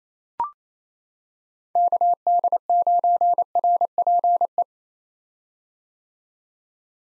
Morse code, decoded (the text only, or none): KD9RPE